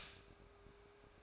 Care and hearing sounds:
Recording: daily activity, microphone in the room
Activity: stop toaster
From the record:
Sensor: 2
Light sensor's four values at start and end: 4/10/4/4 and 4/10/4/4

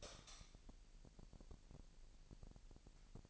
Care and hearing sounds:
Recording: daily activity, microphone in the room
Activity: light on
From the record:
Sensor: 5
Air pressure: 1002.0 hPa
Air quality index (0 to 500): 236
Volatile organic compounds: 36 ppm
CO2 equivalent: 3085 ppm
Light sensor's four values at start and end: 16/37/15/17 and 16/38/16/17

